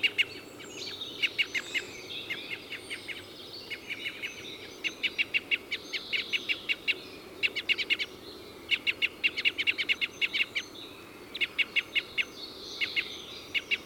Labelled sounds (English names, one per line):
Red Crossbill call